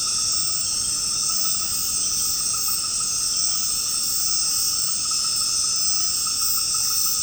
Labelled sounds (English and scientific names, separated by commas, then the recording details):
none
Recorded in secondary vegetation near Puerto Asís, Putumayo, Colombia, on 18 February 2024 at 19:30
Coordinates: 0.468, -76.324
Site G6381